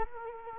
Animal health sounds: mosquito wingbeat signal from an infrared sensor; Culex quinquefasciatus

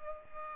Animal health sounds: mosquito wingbeat signal from an infrared sensor; Culex pipiens

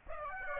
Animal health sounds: mosquito wingbeat signal from an infrared sensor; Aedes aegypti

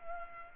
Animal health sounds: mosquito wingbeat signal from an infrared sensor; Culex pipiens

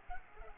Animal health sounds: mosquito wingbeat signal from an infrared sensor; Culex pipiens

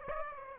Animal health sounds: mosquito wingbeat signal from an infrared sensor; Aedes aegypti

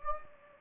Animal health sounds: mosquito wingbeat signal from an infrared sensor; Anopheles gambiae

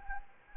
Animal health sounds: mosquito wingbeat signal from an infrared sensor; Anopheles arabiensis

